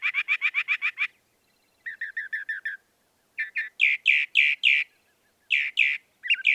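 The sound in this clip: Northern mockingbird song: a rapid run of repeated notes, a softer rattling series, then several loud harsh notes.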